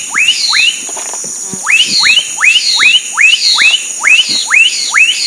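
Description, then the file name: Black-capped donacobius uttering upswept whistles, two at first, then after a short break a long regular series, with droning insects throughout. Recorded at Sertão, Mongaguá, São Paulo, Brazil, on 27 December 2016. "Donacobius-atricapilla-Sertao Mongagua-SP-27-12-16-ASilveira"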